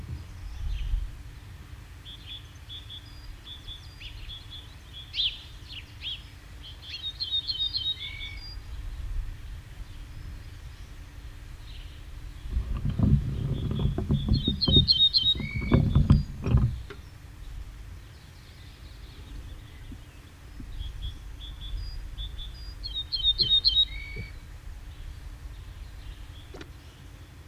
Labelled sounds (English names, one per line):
Ortolan Bunting song